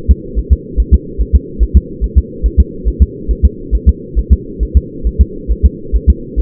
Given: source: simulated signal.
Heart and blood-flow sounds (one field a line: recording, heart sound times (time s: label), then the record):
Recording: fetal heart sounds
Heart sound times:
0.11 s: S2
0.39 s: S1
0.53 s: S2
0.80 s: S1
0.94 s: S2
1.21 s: S1
1.35 s: S2
1.63 s: S1
1.77 s: S2
2.04 s: S1
2.18 s: S2
2.46 s: S1
2.60 s: S2
2.88 s: S1
3.02 s: S2
3.31 s: S1
3.45 s: S2
3.75 s: S1
3.89 s: S2
4.19 s: S1
4.33 s: S2
4.63 s: S1
4.77 s: S2
5.07 s: S1
5.21 s: S2
5.51 s: S1
5.66 s: S2
5.96 s: S1
6.10 s: S2
6.39 s: S1
From the record:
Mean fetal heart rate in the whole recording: 140 bpm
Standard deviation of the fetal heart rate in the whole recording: 2 bpm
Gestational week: 34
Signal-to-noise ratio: -4.3 dB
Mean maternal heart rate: 72 bpm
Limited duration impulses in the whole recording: absent